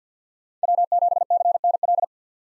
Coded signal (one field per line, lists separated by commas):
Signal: Morse code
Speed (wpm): 50 wpm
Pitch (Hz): 700 Hz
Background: none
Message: W7CNL